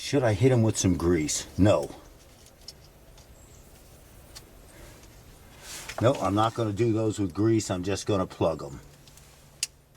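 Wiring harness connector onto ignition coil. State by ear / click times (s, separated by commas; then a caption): seated / 9.6 s. Someone talks while pushing a plastic wiring harness electrical connector onto an ignition coil on the engine of a 2003 Tundra after a spark plug change. A sharp click at 9.6 s marks the connector seating onto the coil.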